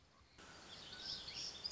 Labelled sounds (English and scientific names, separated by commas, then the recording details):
Black-throated Gray Warbler (Setophaga nigrescens)
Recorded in Sonoma County, California